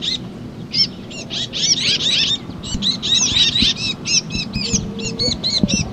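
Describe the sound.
Titmouse calling, dense bursts of short, high, arched notes repeated rapidly, broken by brief gaps, over a faint low background hum.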